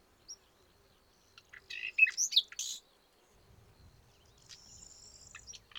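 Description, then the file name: Common nightingale song phrase of quick varied chirps, then a long thin sustained whistle, with a soft low rumble underneath. "Luscinia megarhynchos"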